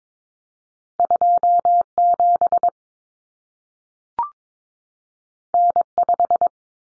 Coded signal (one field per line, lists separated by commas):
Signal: Morse code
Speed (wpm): 22 wpm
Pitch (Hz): 700 Hz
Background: none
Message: 27 N5